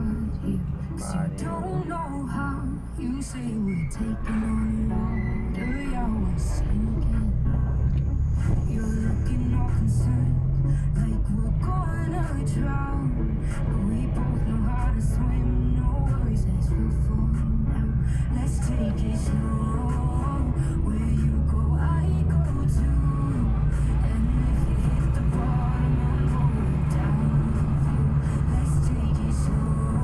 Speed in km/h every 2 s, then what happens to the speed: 9, 7, 6, 10, 13, 18, 22, 22, 27, 29, 32, 37, 42, 45, 45.
0-5 steady at about 7. 5-11 speeds up to 22. 14-30 speeds up to 45.